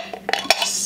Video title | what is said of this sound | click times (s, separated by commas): APPLE SPICED JELLY - Bonita's Kitchen | he that nice click there I'm going to put | 0.5 s